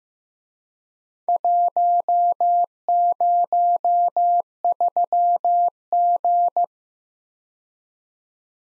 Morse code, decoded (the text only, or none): 103G